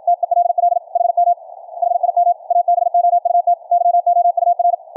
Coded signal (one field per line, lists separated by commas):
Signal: Morse code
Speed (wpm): 53 wpm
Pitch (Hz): 700 Hz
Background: none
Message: TELL HM HIM ABOUT YOUR